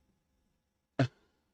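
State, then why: Not seated. A microSD card is pushed into the spring-lock, push-push card slot of a mini 3D printer, giving one short, sharp, broadband tap at about 1.0 s against near silence. The card does not latch and nothing has seated or clicked; it won't lock in.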